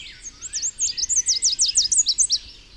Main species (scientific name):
Basileuterus delattrii